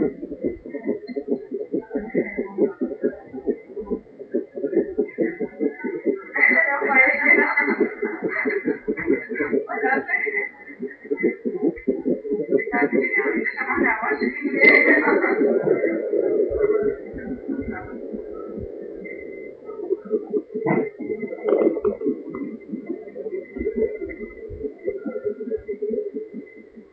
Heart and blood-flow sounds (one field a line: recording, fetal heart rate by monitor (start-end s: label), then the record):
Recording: fetal heart sounds by stethoscope on the mother's abdomen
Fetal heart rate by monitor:
0.00-10.00 s: 143 bpm
10.00-20.00 s: 133 bpm
20.00-26.93 s: 137 bpm
From the record:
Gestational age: 40 weeks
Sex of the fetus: boy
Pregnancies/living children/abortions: 2/1/0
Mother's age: 30 years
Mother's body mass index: 31.2